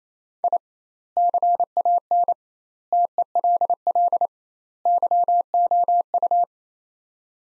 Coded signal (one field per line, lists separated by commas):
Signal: Morse code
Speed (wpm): 28 wpm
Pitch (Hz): 700 Hz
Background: none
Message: I CAN TELL YOU